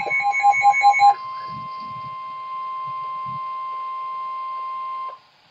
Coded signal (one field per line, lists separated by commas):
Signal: Emergency Alert System (SAME) tones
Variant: 1050 Hz attention tone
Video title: Flash Flood Warning (EAS Alert #624)